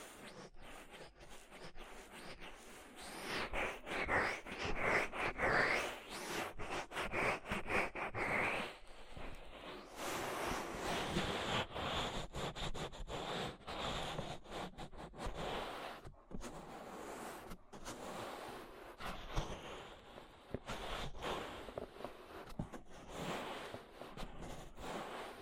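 Ear treatment sounds: dense, crackly rubbing and scratching, continuing without pause and peppered with rapid clicks and pops. A few thin squeaks appear between four and eight seconds, and the rushing texture swells and eases like surf.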